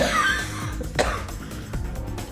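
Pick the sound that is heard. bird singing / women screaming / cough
cough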